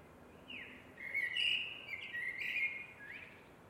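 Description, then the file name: Eurasian blackbird singing a long, fluty warbling phrase of linked whistled notes that rise and fall, with thin high flourishes, against steady low background noise. "MERLES"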